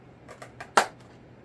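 A landing gear leg for an Arrows Marlin RC plane is pushed into the hole in the foam fuselage gear mount and slid back. A couple of faint ticks come first, then a sharp click at 0.8 s as the leg locks into place. It is seated, angled back.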